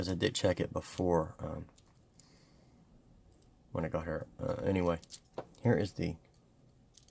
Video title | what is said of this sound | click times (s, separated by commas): Freewise 25 in 1 Precision Screwdriver Set Unboxing | here launches goes in and locks into place it's | 7.1 s